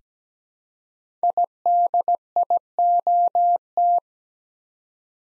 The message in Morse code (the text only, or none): IDIOT